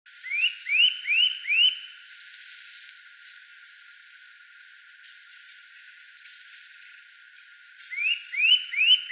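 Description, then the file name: Eurasian nuthatch giving a short series of rising whistled notes, then a long quiet gap before another short series at the close. "Sitta europaea"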